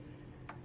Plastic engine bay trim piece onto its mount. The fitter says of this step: It pops into place as well.